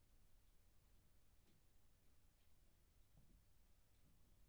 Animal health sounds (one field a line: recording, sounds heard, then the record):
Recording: poultry house recording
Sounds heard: no chicken sound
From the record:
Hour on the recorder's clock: 0